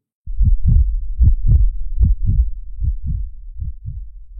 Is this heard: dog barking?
no